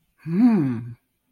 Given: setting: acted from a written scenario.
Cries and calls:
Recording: vocal sound without words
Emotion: romantic love

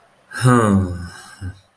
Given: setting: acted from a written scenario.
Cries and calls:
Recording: vocal sound without words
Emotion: relief

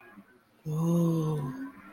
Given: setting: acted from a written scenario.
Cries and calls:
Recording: vocal sound without words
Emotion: awe

